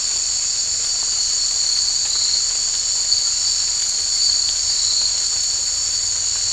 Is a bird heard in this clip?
no